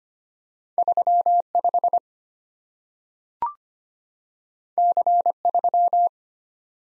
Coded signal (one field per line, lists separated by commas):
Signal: Morse code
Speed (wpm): 25 wpm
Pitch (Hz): 700 Hz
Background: none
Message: 35 C3